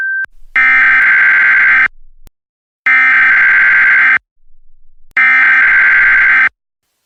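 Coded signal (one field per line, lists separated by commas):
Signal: Emergency Alert System (SAME) tones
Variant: header bursts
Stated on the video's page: Mock alert, simulated.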